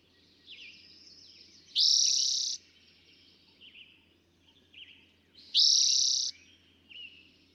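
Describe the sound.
Eastern towhee repeating a sharp, rapid trill twice, nearly four seconds apart, over soft chips and warbles of other birds.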